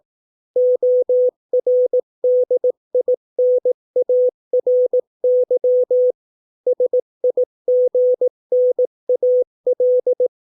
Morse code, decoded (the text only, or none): ORDINARY SIGNAL